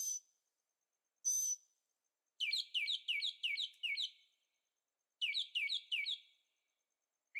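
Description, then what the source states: Bird singing: two sharp high notes, then two quick runs of descending, slurred whistles with a silent gap between. Birds singing at night in Carefree, Arizona; recorded with a Zoom H6 and stereo microphones.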